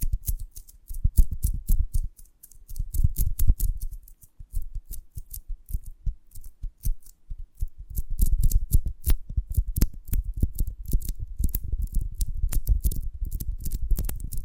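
Honeycomb on a branch gives off dense, crisp crackles and snipping clicks over soft low thuds, thinning out midway, then growing busier after eight seconds.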